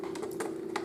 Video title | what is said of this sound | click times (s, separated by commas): TEAC A 110 Cassette Deck | You heard the click, and that locks it in. | 0.8 s